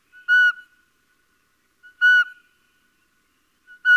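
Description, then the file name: Little owl uttering two short whistled notes about two seconds apart, each with a faint soft note just before, and a third call starting at the end. "Civetta"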